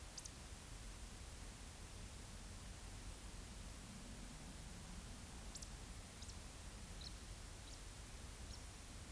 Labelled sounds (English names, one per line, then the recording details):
Eurasian Woodcock whistle
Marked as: whistle, whistle, whistle, woodcock
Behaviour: display flight
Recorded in Baden-Württemberg, Germany, on 10 May 2021 at 19:44 UTC
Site 24606, 635 m above sea level